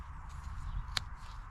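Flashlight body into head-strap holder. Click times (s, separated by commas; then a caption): 1.0 s. An Armytek flashlight body is clipped into the holder on its head strap, which uses an elastic O-ring. Low rumbling and faint rustling lead to a single sharp click at 1.0 s as the flashlight seats in the holder, followed by a softer tap near the end.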